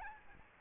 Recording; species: mosquito wingbeat signal from an infrared sensor; Aedes albopictus